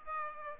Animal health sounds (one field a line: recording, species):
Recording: mosquito wingbeat signal from an infrared sensor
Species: Aedes aegypti